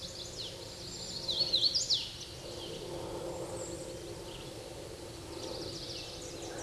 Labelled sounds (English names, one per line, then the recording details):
Hooded Warbler song
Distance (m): 15 m
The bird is about 10 m above the microphone
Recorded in a Pennsylvania forest on 16 May 2024 at 08:05
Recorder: AudioMoth, point MSD-0814
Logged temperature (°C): 15.8 °C
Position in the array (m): 163 m, 105 m